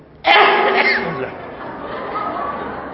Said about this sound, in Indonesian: Afwan, ini bersin.